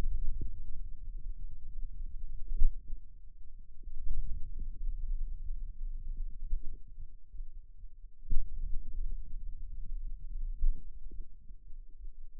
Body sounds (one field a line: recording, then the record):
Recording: forearm muscle sounds (acoustic myography)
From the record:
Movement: wrist extension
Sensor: system 2, bracelet of six BSWA MPA416 microphones around the upper forearm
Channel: 6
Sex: male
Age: 22 years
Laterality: right